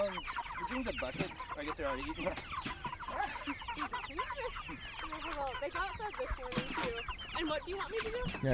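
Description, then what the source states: Chickens clucking continuously, many overlapping short nasal clucks and squawks from a flock, with occasional knocks and thumps in the background. Chickens recorded at a goat farm.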